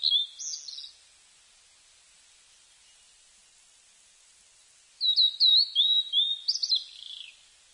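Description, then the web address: Blue-and-white flycatcher singing: a short burst of clear whistled notes, then a pause of several seconds, then a longer phrase of sweeping whistles ending in a falling slur. Recorded on 5 July 1997. "1997 970705 ooruri"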